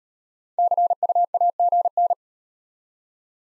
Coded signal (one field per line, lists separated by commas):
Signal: Morse code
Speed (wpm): 36 wpm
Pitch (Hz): 700 Hz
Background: none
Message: CUAGN